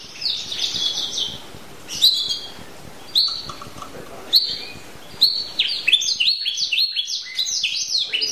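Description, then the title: Canary song in scattered short bursts of high sweeping notes separated by pauses, building into faster rolling trills toward the end. Champion canary singer. "Kicau Burung Kenari Juara"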